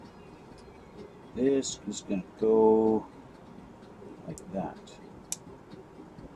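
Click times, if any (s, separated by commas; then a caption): 5.3 s. A plastic part with a ball socket from a Bandai MG RX-0 Unicorn Gundam + MS Cage model kit is pressed onto a ball joint while someone talks. A sharp click at 5.3 s marks the part snapping into place, seated on the joint.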